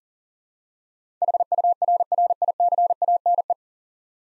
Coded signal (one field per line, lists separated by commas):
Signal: Morse code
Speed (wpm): 40 wpm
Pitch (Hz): 700 Hz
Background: none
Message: HURRICANE